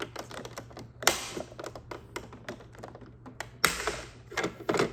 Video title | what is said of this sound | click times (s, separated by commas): Reactor Vent MOD for Hot Toys 1/6 Back to the Future Delorean Time Machine | I heard 2 loud snaps, and that's okay. | 1.1 s, 3.6 s